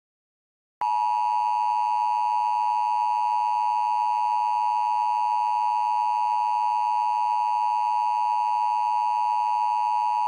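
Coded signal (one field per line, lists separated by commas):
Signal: Emergency Alert System (SAME) tones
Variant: 853 and 960 Hz attention tone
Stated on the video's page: Fictional EAS scenario, simulated.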